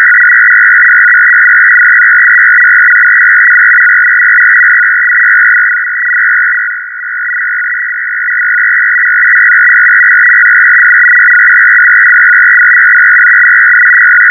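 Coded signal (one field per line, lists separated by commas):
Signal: numbers station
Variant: F01 FSK, 500 Hz shift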